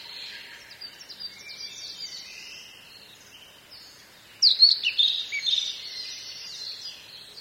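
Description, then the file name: Blue-and-white flycatcher singing: soft high warbling at first, then a louder phrase of sharp whistled notes and rapid trills after the middle. "ooruri"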